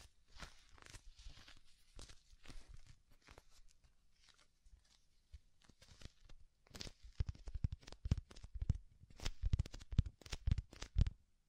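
Soft, fluffy ear-tingling triggers made of brushing, crinkling and tearing-like rustles in short, irregular bursts. The first half is quieter and sparser, with a near-silent gap around four to five seconds. After seven seconds the strokes grow louder, denser and crisper, with sharp taps standing out.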